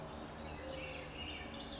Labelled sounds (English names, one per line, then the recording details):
California Towhee
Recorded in Sonoma County, California